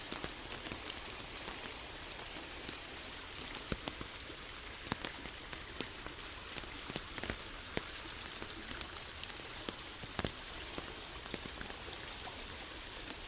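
Rain patters steadily on an umbrella, a dense hiss broken by frequent sharp drop taps, louder hits near five, seven and ten seconds.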